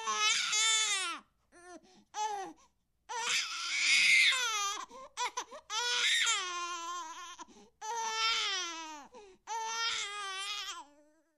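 High-pitched, strongly tonal wails in about six bursts separated by short gasping pauses, with rising and falling pitch around a high fundamental. This is the typical vigorous cry of a newborn baby.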